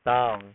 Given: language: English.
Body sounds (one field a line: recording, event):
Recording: throat vibration sensor signal played as sound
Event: speech